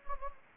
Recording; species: mosquito wingbeat signal from an infrared sensor; Anopheles gambiae